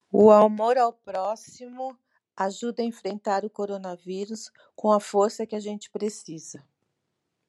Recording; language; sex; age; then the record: spoken sentence; Brazilian Portuguese; male; 60 to 69 years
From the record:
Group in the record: control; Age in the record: 63 years